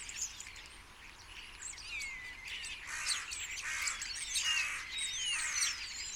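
Common starlings chattering: a busy jumble of whistles, clicks and sliding notes that grows denser and louder toward the end.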